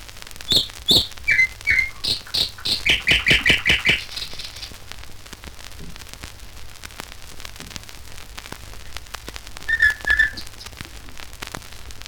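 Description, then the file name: Nightingale singing a phrase of sharp whistled notes that speeds into a rapid, rhythmic trill, then a pause before a short chattering burst near the end. "Solovei s natury"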